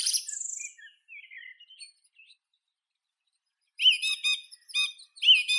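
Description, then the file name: Song thrush: songbird singing: high scratchy twittering and soft warbled notes, a silent gap, then loud repeated whistled phrases with high overtones. "Neizvesten - Drozd pevchij Turdus philomelos (Zvyki com)"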